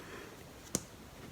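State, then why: Seated. A locking pin back is pushed onto the post of an enamel pin badge fixed through a fabric knitting kit bag. It snaps on with a single sharp click at 0.8 s, heard over a low, steady background. The pin back is seated and the badge won't come off.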